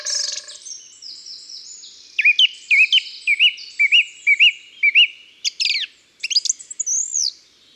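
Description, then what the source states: Song thrush song: a short whistled phrase repeated several times in succession, followed by sharper high notes and a final clear whistle. Song thrush singing in the countryside.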